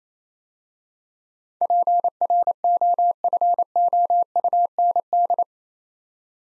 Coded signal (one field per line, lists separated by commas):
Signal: Morse code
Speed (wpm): 27 wpm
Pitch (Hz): 700 Hz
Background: none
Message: PROFOUND